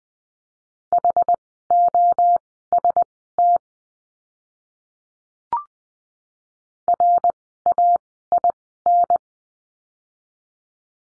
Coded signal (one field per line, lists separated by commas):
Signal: Morse code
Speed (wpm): 20 wpm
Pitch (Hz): 700 Hz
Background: none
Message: HOST RAIN